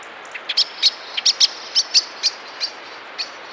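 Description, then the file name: Common blackbird calling: a quick series of sharp, high chinking notes, about a dozen in under four seconds, over a faint steady hiss. "Turdus merula"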